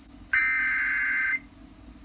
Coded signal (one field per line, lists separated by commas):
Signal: Emergency Alert System (SAME) tones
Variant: header bursts